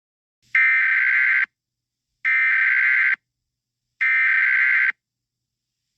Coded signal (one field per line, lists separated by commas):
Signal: Emergency Alert System (SAME) tones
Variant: header bursts